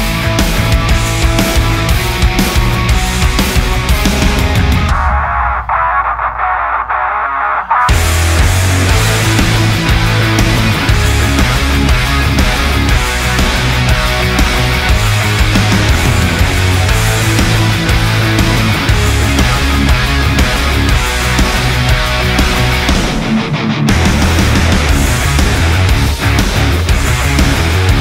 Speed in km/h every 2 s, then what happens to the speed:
24, 24, 25, 26, 25, 25, 26, 27, 28, 28, 25, 24, 24, 23.
0-28 steady at about 25.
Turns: none.